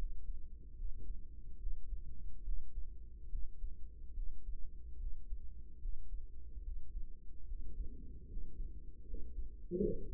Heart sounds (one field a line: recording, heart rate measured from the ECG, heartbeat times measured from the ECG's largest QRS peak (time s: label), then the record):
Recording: heart sounds by microphone in the right ear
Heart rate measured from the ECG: 73 bpm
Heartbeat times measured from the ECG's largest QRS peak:
0.75 s: heartbeat
1.57 s: heartbeat
2.42 s: heartbeat
3.28 s: heartbeat
4.13 s: heartbeat
4.97 s: heartbeat
5.79 s: heartbeat
6.61 s: heartbeat
7.45 s: heartbeat
8.26 s: heartbeat
9.04 s: heartbeat
9.79 s: heartbeat
From the record:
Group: healthy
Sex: male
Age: 35 years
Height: 178 cm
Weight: 64 kg